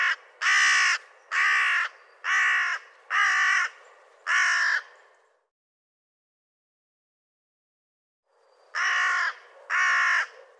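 Bird gives five grating caws about once a second, falls silent for a few seconds, then gives two more.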